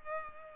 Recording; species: mosquito wingbeat signal from an infrared sensor; Culex pipiens